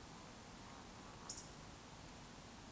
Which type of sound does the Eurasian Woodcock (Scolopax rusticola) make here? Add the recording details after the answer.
whistle. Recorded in Baden-Württemberg, Germany, on 20 June 2020 at 20:05 UTC. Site 42618, 210 m above sea level